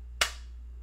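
A Boker Plus The Brook fixed-blade knife, with a VG10 blade and G10 handle, is pushed into its kydex sheath. It seats with one sharp, bright click at 0.2 s that fades quickly over a steady low hum. The knife is seated, but the click is small and feels less solid than on other knives.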